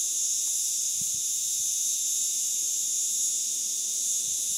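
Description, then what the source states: Cicadas giving a constant loud hissing whine at high pitch, with occasional faint low knocks in the background. Recorded 18 July 2013.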